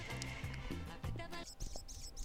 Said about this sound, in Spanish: Vamos a hablar de este pajarito que todavía se escucha. ¿Ustedes han escuchado a este pajarito en este tiempo afuera de sus casas?